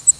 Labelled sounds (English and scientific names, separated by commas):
Cape May Warbler (Setophaga tigrina) flight call